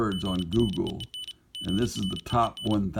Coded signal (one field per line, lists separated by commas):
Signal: Morse code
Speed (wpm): 34 wpm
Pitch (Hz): 3000 Hz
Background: speech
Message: GREEN GREEN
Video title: Morse Code Regurgitator